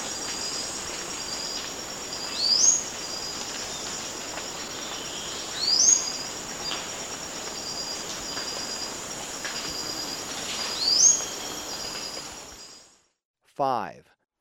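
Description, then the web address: Blue-rumped manakin call: three thin, high upslurred notes spaced several seconds apart against a buzzing insect chorus that cuts out near the end. Recorded in Ecuador. "Birds of Ecuador. Blue-rumped Manakin"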